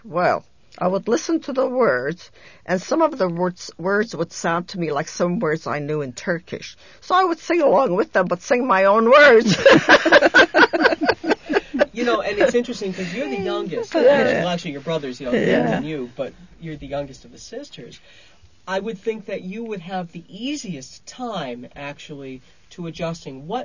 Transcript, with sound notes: Well, I would listen to the words, and some of the words would sound to me like some words I knew in Turkish. So I would sing along with them, but sing my own words. ( they laugh )
You know, and it's interesting, because you're the youngest, your brothers are younger than you, but you're the youngest of the sisters, I would think that you would have the easiest time, actually, to adjusting.